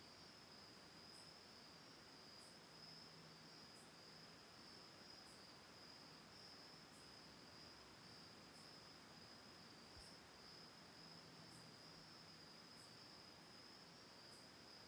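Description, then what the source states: Crickets keep up a constant shrill trill for the whole stretch, with faint high pulses at regular intervals. Autumn night, recorded October 10, 2020 from a lakeside home on Cayuga Lake, Ithaca, New York.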